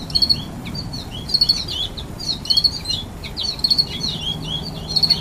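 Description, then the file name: Crickets give regular high three-pulse chirps roughly every 1.2 seconds. Birds chatter with twittering notes between them over a soft low background hum. "Crickets And Goldfinches"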